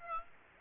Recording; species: mosquito wingbeat signal from an infrared sensor; Aedes aegypti